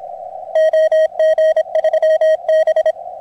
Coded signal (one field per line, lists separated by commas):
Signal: Morse code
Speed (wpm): 30 wpm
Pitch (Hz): 620 Hz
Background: radio noise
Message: OG3B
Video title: 2023 ARRL DX CONTEST #2